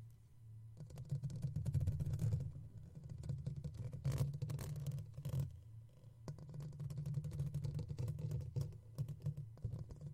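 A comb scratches against a microphone in dense, rapid bursts of clicks and rasps, heavy and boomy in the low end with sharp bright ticks on top. The scratching runs in stretches, easing briefly around four and six seconds before picking up again.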